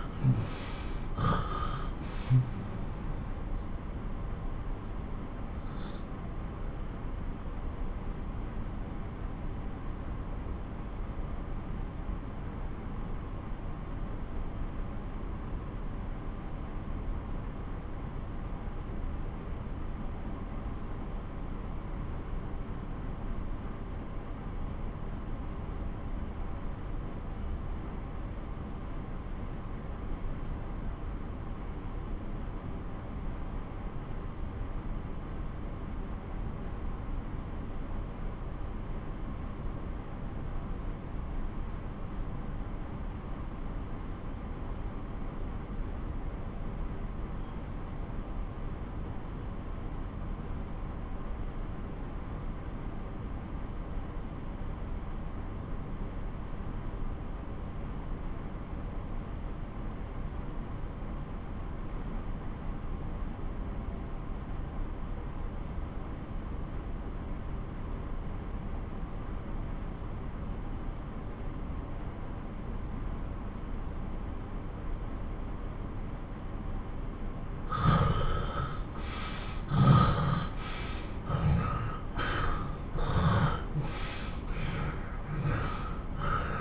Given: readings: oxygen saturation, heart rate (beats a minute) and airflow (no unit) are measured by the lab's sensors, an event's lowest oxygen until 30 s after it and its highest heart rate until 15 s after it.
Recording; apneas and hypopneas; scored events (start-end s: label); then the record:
breathing in sleep by a smartphone at the bedside; 1
8.00-75.20 s: obstructive apnea (REM, oxygen 88% highest, then 65% lowest)
48.00-78.00 s: new sleep stage, N1 (lightest sleep)
78.00-86.61 s: new sleep stage, REM sleep
From the record:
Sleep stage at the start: REM sleep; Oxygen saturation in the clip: 69 to 88%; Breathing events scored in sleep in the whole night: 217 in 6.3 hours asleep